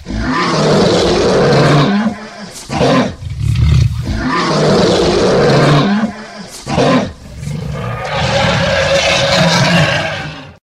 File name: Tieng gam cua su tu